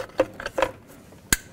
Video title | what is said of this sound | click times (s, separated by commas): How to Replace Mass Air Flow Sensor 1997-2003 Ford F-150 | make sure it clicks | 1.3 s